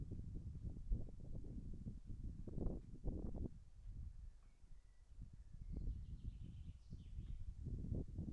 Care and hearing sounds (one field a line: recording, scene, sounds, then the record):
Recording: everyday scene through a hearing-aid microphone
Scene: wind on the microphone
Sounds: wind, birds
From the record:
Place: in front of a rural house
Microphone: behind the ear, right, front